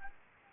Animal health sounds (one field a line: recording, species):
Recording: mosquito wingbeat signal from an infrared sensor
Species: Anopheles gambiae